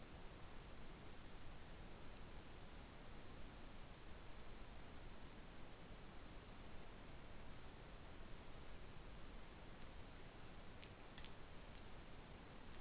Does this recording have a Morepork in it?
no